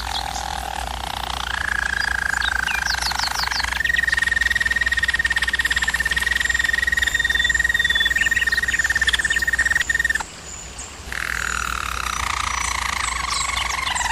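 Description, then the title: German Roller canary song: rolling tours rising in pitch into a long level trill, a brief pause, then a falling roll. German Roller canary singing, for canary training. "German Roller Canary Singing - Canary Training Vid"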